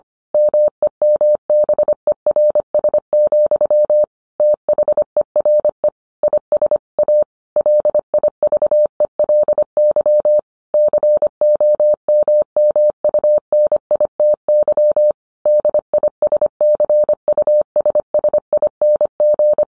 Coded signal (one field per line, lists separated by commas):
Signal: Morse code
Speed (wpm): 25 wpm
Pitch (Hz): 600 Hz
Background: none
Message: MEMBERS, THERE IS A LIVELY COMMUNITY DISCUSSING